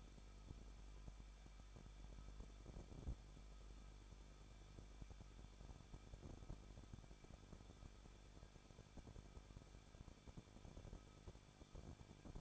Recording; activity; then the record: daily activity, microphone in the room; no activity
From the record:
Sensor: 5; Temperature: 20.9 degrees Celsius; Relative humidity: 38.2%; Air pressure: 1006.4 hPa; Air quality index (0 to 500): 187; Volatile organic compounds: 18 ppm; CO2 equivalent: 2627 ppm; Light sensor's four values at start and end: 2/3/1/1 and 2/3/1/1